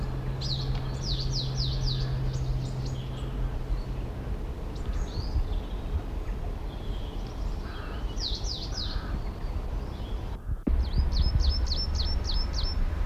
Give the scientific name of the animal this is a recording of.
Periparus ater